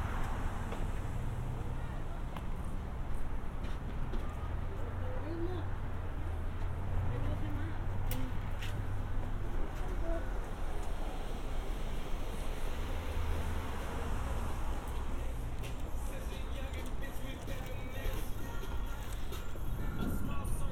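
A binaural walk toward a public library: a steady outdoor wash with low traffic rumble, faint voices, and scattered short clicks and taps throughout.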